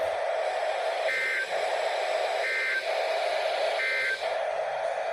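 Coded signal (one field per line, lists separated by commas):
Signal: Emergency Alert System (SAME) tones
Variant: end-of-message bursts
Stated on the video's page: Required weekly test on NOAA Weather Radio from the San Diego weather office, Victorville transmitter.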